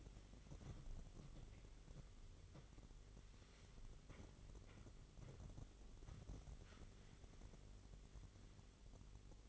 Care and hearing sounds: daily activity, microphone in the room; wipe stove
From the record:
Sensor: 4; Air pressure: 1004.0 hPa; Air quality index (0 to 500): 158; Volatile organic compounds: 2 ppm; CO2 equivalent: 1122 ppm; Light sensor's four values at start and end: 13/29/12/13 and 12/29/12/13

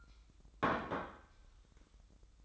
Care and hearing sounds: daily activity, microphone in the room; place plate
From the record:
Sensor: 3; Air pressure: 988.6 hPa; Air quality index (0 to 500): 198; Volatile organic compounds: 334 ppm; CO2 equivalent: 4552 ppm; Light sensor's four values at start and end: 23/71/30/25 and 23/71/30/25

